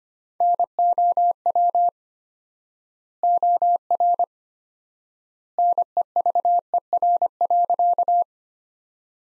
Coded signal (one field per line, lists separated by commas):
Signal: Morse code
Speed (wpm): 25 wpm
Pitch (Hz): 700 Hz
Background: none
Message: NOW OR NEVER.